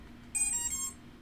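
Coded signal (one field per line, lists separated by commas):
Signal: beep code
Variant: drone ESC startup tones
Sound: three quick electronic beeps, each a different pitch, played in a rapid sequence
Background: quiet room hum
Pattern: 3 short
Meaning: The ESC has powered up; the later beeps are missing because no flight controller is connected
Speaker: since it's not hooked up to the flight controller we're not gonna get the second set the the fourth and fifth beeps uh let's put it up to two amp and we'll do it again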